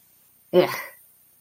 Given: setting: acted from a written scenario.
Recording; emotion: vocal sound without words; disgust